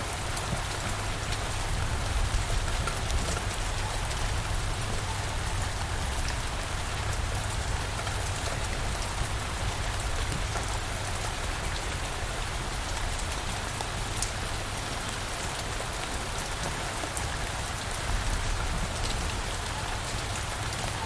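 Night rain falls steadily, a dense, even hiss of drops with crisp individual ticks scattered across the top. A low, faint rumble hums underneath throughout, level and unchanging, with no distinct thunderclap standing out over the twenty seconds.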